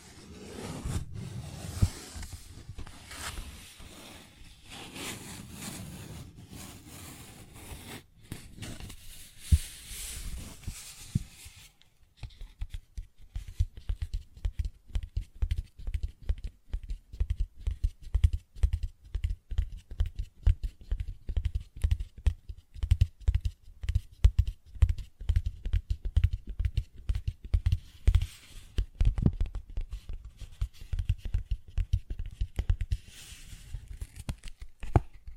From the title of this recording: Paper Bag Tapping and Scratching Sounds